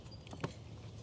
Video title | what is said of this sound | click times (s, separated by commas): 🚨 Check Engine Light SOLVED! ICON T7 Scanner Exposes Bad Coils & Sparkulators in Nissan Frontier!! | and you'll hear it click | 0.4 s